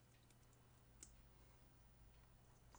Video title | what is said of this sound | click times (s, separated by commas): Disney Dolls House Issue 75, 76, 77, 78 - First Floor Complete! | until it clicks into place sandwiches together | 1.0 s